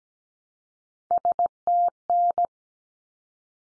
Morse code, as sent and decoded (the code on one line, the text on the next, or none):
... - -.
STN